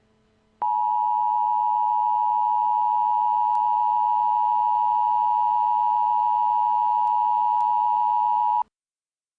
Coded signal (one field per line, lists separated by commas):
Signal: Emergency Alert System (SAME) tones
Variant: 853 and 960 Hz attention tone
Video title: Be advised: dont watch this video if your trying to stop watching EAS alarm videos